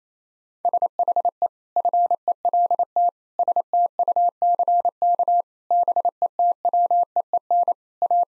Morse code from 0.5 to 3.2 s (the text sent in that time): SHE FELT